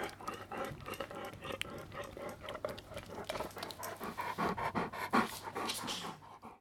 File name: Swiss Mountain Dog Panting